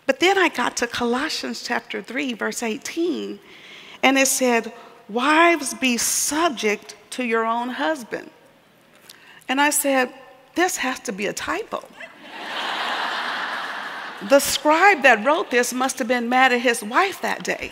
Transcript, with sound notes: But then I got to Colossians 3, verse 18, and it said, “Wives, be subject to your own husband.” And I said, “This has to be a typo. (laughter) The scribe that wrote this must have been mad at his wife that day.”